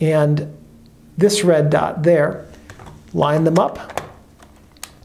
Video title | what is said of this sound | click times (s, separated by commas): Konica Autoreflex T3 Video Manual 2: 35mm Film SLR Camera Operation and Use, How to and Instructions | drop the lens in place, turn it until it clicks, and you've mounted a new lens. | 4.8 s